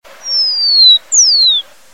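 Rufous-collared Sparrow giving two clear, high whistles, each sliding steadily downward, the first long and the second shorter, separated by a brief pause, over a faint steady background hiss.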